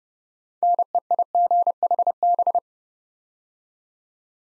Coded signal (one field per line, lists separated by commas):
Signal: Morse code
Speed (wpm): 30 wpm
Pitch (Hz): 700 Hz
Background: none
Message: NEIGHB